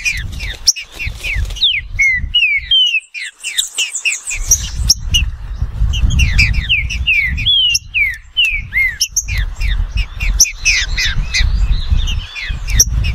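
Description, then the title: Green-winged saltator singing fast sequences of bright slurred whistles, with a steady low rumbling background for most. Bird named Nicão in the bush, singing in a contest against a free-living bird. "Trinca Ferro NICÃ O No Mato Disputando Com Solto"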